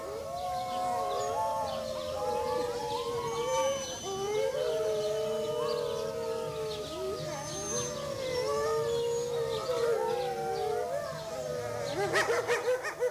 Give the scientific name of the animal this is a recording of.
Canis lupus